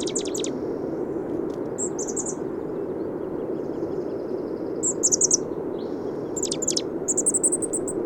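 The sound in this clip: Bird song: bursts of very high, thin chirps and short buzzy trills, scattered throughout with pauses between, over a constant low rushing background noise.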